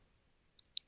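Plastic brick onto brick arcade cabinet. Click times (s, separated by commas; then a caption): 0.6 s, 0.8 s. A second matching plastic brick piece is pressed in next to the first on a brick arcade cabinet. A quiet click at 0.6 s is followed by a sharp, louder click at 0.8 s as the piece clips into place and is seated.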